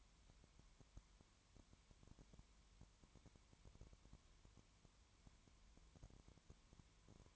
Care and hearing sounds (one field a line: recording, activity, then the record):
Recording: daily activity, microphone in the room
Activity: no activity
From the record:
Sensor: 3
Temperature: 20.1 degrees Celsius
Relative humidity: 31.3%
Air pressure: 1001.2 hPa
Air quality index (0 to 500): 74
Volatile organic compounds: 1 ppm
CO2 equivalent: 697 ppm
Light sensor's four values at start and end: 2/3/2/2 and 2/3/2/2